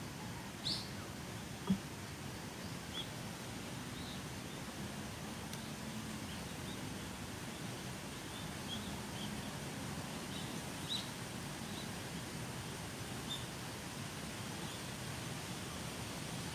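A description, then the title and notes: Birds chirp sparsely over a steady windy rush through the trees, with brief bright calls near the start and around eleven seconds. とある鳥鳴く風の強い木々の中. Birds singing in the windy trees. 人目につかないところにマイクを放置しといて収録。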